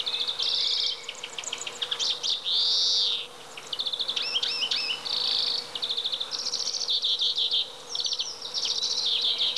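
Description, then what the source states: European greenfinch song: high rolling trills and twitters interspersed with drawn-out nasal wheezes, phrases following each other with short pauses. Song; said to be easy to recognise by its characteristic call.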